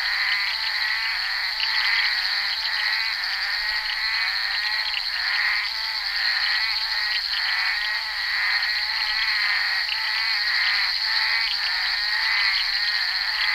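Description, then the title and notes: Bullfrogs croaking together in repeated grating bursts, the rhythm rolling on for the whole stretch beneath a constant high drone. Recorded during the filming of Bal poussière by Henri Duparc in February 1988. "crapaux buffle. enregistré sur le tournage Bal poussière dhenri duparc en février 1988"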